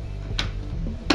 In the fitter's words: again it clicks back in. So that's really simple.